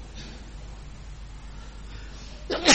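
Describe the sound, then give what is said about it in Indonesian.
A single abrupt sneeze bursts out at the very end, loud, after a couple of seconds of quiet hum. “Alhamdulillah. Hadikumullah.”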